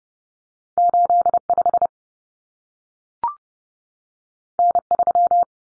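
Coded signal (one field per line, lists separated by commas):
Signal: Morse code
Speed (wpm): 30 wpm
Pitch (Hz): 700 Hz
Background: none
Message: 85 N3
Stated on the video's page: Head-copy drill of two-digit cut numbers (T, A, N for 0, 1, 9) at 30 wpm, sent, spoken, then sent again.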